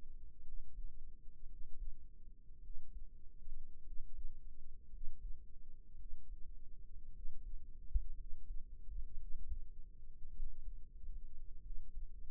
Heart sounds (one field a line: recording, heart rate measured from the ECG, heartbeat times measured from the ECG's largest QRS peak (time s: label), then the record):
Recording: heart sounds by microphone in the right ear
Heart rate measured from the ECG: 54 bpm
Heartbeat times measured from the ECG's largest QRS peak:
0.43 s: heartbeat
1.46 s: heartbeat
2.60 s: heartbeat
3.83 s: heartbeat
4.89 s: heartbeat
5.96 s: heartbeat
7.11 s: heartbeat
8.14 s: heartbeat
9.16 s: heartbeat
10.31 s: heartbeat
11.61 s: heartbeat
From the record:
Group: healthy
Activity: rest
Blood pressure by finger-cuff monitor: 113/69 mmHg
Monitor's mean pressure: 83 mmHg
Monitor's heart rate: 56 bpm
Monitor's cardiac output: 5.2 L/min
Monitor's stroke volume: 93 mL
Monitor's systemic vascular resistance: 1150 dyn s/cm5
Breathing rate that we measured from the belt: 17 breaths a minute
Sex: male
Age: 22 years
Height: 181 cm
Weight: 79 kg